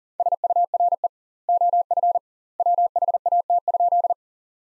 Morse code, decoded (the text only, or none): SURE OF WHAT?